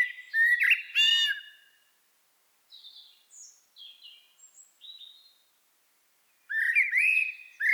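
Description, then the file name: Common blackbird song: rich, fluty whistled phrases ending in softer high twittering, with a pause before another loud warbled phrase begins. "Turdus merula"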